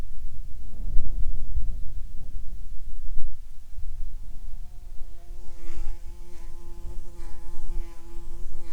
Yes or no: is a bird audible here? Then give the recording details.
no. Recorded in the Prudhoe Bay oil fields, Alaska, on 10 July 2019 at 13:59. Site 14